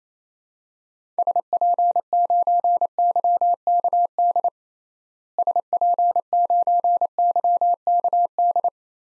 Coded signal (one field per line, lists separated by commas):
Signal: Morse code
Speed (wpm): 28 wpm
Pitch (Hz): 700 Hz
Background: none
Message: SP9YKD SP9YKD